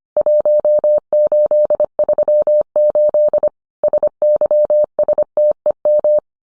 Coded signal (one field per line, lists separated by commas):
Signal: Morse code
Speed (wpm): 25 wpm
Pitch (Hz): 600 Hz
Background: none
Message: 1838 SYSTEM